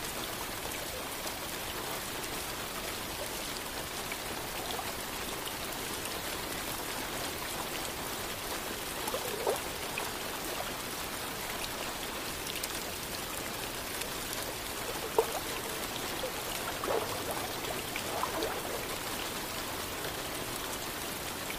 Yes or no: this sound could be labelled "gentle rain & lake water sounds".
yes